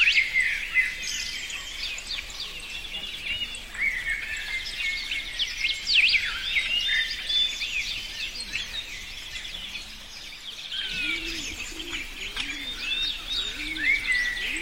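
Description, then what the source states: Many birds chirping and whistling in a dense chorus, joined near the end by a lower, repeated warbling call, over a continuous hiss. Forest setting.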